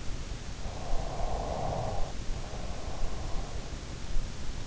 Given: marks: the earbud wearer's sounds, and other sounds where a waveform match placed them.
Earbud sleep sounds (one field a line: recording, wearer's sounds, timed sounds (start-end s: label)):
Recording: sounds in sleep by an in-ear microphone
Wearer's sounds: breath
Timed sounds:
0.47-3.70 s: breath